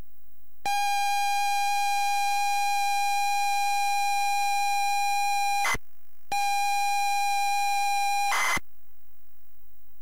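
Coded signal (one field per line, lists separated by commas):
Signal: ZX Spectrum tape loading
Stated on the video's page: ZX Spectrum tape loading of Paperboy on a ZX Spectrum +3 from a WH Smith CPD8300 cassette player.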